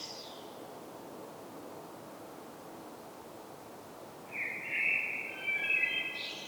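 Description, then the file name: Common blackbird song: the tail of a high note, a long quiet stretch of hiss, then a loud fluted warble with high notes at the end. "Turdus merula"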